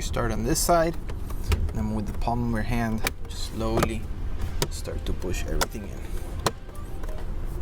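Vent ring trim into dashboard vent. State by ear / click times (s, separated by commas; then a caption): seated / 6.5 s. A plastic vent ring trim on a Toyota Tacoma is pressed into the dashboard vent with the palm of the hand while someone talks. The trim clicks into place at 6.5 s, a sharp snap that stands out above the speech, and the trim ends up seated.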